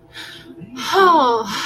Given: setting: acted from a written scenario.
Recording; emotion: vocal sound without words; relief